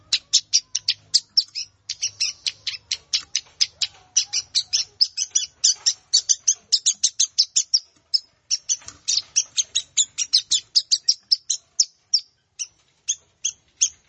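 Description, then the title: Plain prinia delivering a long, unbroken stream of high, sharp chipping notes at a quick, slightly uneven pace. "Ciblek Sawah"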